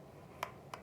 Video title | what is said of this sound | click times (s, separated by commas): Smartest tips to extend and collapse a Tenkara Rod - Wild Water Fly Fishing | hear it click in the end and then you go to the next section one | 0.4 s, 0.7 s